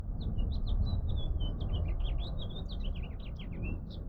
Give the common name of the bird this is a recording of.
House Finch